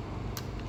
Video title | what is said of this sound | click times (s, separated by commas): Holmatro Hydraulic Rescue Tools | you hear the click | 0.4 s